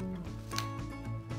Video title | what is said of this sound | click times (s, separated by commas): How to Correctly Crimp MC4's for Solar DC Cable | hear that clip that means it's seated in correctly and then | 0.6 s